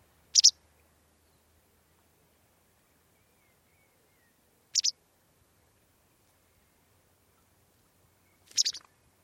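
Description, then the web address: Bird call, a short sharp double-noted high chip given three times, spaced about four seconds apart, with near silence between. "Bird Only"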